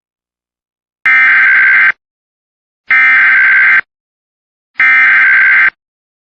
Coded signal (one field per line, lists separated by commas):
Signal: Emergency Alert System (SAME) tones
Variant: header bursts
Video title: EAS recreation: Don’t drive on Kansas roads